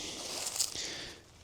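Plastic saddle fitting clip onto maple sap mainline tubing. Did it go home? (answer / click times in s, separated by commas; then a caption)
no / none. A Lapierre Flex Clip 2.0 plastic saddle fitting is rotated and pressed onto plastic maple sap mainline tubing over an existing tap hole, making a steady, faint hissing rustle with a soft low bump around 0.8 s. The clip fails to click into place; nothing has clicked or seated yet.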